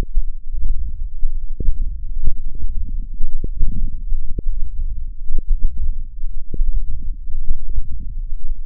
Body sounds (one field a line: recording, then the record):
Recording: forearm muscle sounds (acoustic myography)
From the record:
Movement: wrist extension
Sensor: system 1, eight BSWA MPA416 microphones around the upper forearm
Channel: 8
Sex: male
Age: 21 years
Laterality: right